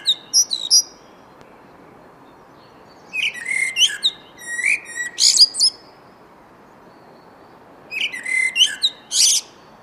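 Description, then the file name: Common blackbird song: short, clear warbled phrases with fluty low notes and shrill squeaky endings, grouped in bursts with pauses, over a faint constant hiss. "Turdus merula"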